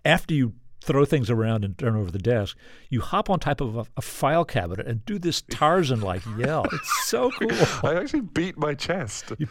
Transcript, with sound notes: And after you throw things around and turn over the desk, you hop on top of a file cabinet and do this Tarzan-like yell. It's so cool.
(Laughter) I actually beat my chest.